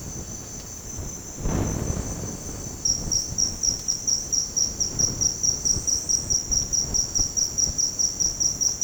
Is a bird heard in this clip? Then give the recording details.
no. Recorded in dense forest near Puerto Asís, Putumayo, Colombia, on 25 June 2025 at 08:00. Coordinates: 0.486, -76.317. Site G065